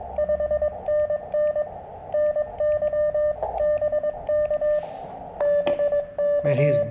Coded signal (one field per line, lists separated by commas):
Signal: Morse code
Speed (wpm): 21 wpm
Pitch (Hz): 600 Hz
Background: speech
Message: 5NN NY BK BK